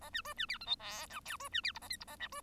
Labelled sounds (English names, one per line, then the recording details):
Bengalese Finch song
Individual Bird1